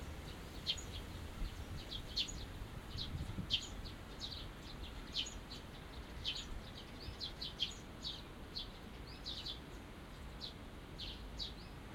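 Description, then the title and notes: Small birds twittering with busy runs of high chirps, some slurred notes among them, over a low steady hum of background noise. Small birds singing after rain in a small garden tucked in a corner of Yushima Tenjin shrine, Tokyo, Japan, surrounded by buildings; binaural recording. "小鳥のさえずり、雨上がりの庭園にて（Binaural）- Birds singing in the garden. 湯島天神の片隅にある小さな庭園で録音しました。"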